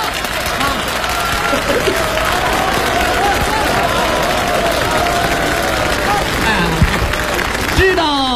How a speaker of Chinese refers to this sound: 大家为什么鼓掌吗？ 为什么？